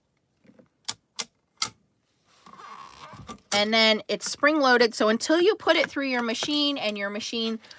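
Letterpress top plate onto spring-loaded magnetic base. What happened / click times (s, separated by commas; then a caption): The top plate snapped onto its magnetic base / 0.9 s, 1.2 s. A metal letterpress top plate for a Spellbinders Betterpress is set down onto its spring-loaded magnetic base, giving two sharp, loud snaps at 0.9 and 1.2 seconds, followed by a third snap at about 1.6 seconds. The plate seats with a click, then someone talks.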